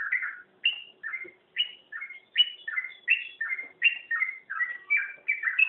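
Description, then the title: Oriental magpie-robin song: a steady run of clear whistled notes and chirps, many slurring between lower and higher pitches. "Kicau Kacer"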